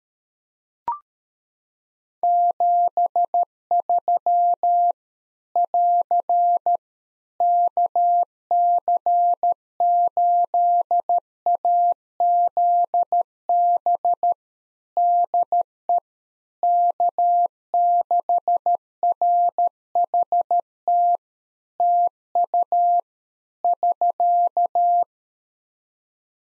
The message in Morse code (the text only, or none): 73 <AR> KC8AZB DE K6RHT TU <SK>